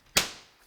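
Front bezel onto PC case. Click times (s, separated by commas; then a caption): 0.2 s. A plastic front bezel is aligned and pushed onto a Phanteks Enthoo PC case, and its clips snap in with a single sharp, bright click at 0.2 s that rings out and fades over about half a second. The bezel is seated with a good, positive click.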